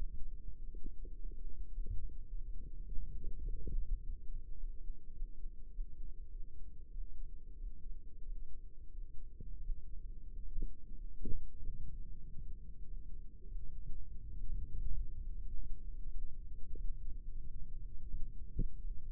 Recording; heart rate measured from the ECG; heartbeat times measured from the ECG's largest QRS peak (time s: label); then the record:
heart sounds by microphone in the right ear; 95 bpm
0.52 s: heartbeat
1.11 s: heartbeat
1.70 s: heartbeat
2.26 s: heartbeat
2.84 s: heartbeat
3.43 s: heartbeat
4.01 s: heartbeat
4.57 s: heartbeat
5.13 s: heartbeat
5.70 s: heartbeat
6.28 s: heartbeat
6.90 s: heartbeat
7.57 s: heartbeat
8.22 s: heartbeat
8.90 s: heartbeat
9.58 s: heartbeat
10.27 s: heartbeat
10.92 s: heartbeat
11.56 s: heartbeat
12.20 s: heartbeat
12.83 s: heartbeat
13.45 s: heartbeat
14.07 s: heartbeat
14.72 s: heartbeat
15.38 s: heartbeat
16.07 s: heartbeat
16.74 s: heartbeat
17.40 s: heartbeat
18.07 s: heartbeat
18.76 s: heartbeat
From the record:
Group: healthy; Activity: cold pressor test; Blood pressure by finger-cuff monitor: 118/73 mmHg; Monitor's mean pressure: 84 mmHg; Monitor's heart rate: 94 bpm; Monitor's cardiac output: 6.9 L/min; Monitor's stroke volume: 71 mL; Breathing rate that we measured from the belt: 11 breaths a minute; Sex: male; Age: 22 years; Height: 181 cm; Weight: 60 kg